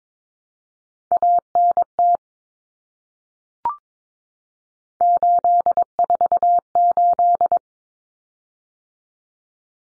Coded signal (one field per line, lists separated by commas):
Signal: Morse code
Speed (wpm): 22 wpm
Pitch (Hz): 700 Hz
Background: none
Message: ANT 848